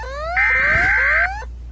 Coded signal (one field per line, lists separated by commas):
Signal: Emergency Alert System (SAME) tones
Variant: header bursts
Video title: SOUTHERN AMERICAN EAS ALARMS (SPECIAL)